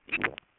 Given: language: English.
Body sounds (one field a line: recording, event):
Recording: throat vibration sensor signal played as sound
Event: swallow